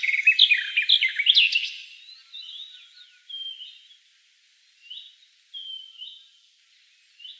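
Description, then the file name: Eurasian blackcap: a quick chattering warble at first, followed by several short soft whistled phrases. "Slavka chernogolovaja"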